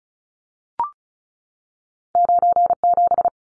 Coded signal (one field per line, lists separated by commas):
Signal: Morse code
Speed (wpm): 34 wpm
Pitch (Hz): 700 Hz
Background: none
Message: 97